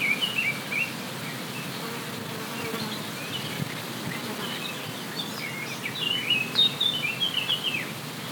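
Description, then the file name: Birds twittering in scattered high chirps and short trills over steady background hiss. Forest birds on La Palma, binaural 3D recording. "Zvuki lesa Vogel La Palma"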